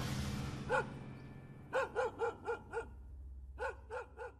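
A dog barks in short bursts: one bark, a quick run of five, then three more, each sharp and harmonic over a low background rumble.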